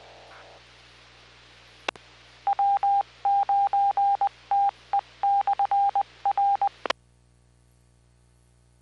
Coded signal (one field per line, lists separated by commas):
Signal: Morse code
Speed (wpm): 20 wpm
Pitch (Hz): 800 Hz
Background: none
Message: W9TE/R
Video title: KC9VKV HAM RADIO QS0-VLOG - JAKE-N9RDZ - 10/10/17 - 235 MILE R0LLING QSO!!! - JIM'S RADIO STORY